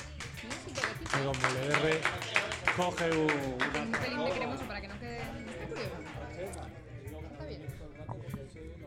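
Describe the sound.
An audience breaks into applause, a dense patter of many hands clapping mixed with voices and chatter, loudest at first and thinning out to a quieter murmur after about five seconds.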